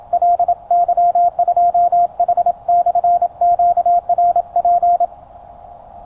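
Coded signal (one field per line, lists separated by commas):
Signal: Morse code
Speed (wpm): 29 wpm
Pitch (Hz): 690 Hz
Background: radio noise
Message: LY2H/QRP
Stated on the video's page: 20m CW from a QCX-mini transceiver with homemade paper clip paddle and 5m MFJ vertical whip, deployed in a forest during the QCX Monday Challenge.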